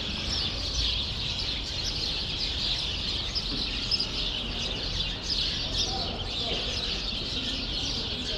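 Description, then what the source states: Steady sparrow flock chatter, countless short chirps blending into a continuous twittering. Sparrows in a grove at Rue Saint-Jean Népomucène 13, Brussels, Belgium, recorded with Earsight V2 AB microphones into a Mixpre-3.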